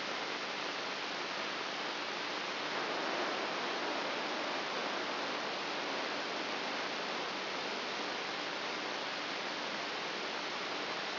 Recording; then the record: brain microelectrode recording played as sound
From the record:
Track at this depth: inside the subthalamic nucleus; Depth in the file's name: 5.24 mm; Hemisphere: right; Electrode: 3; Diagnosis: Parkinson's disease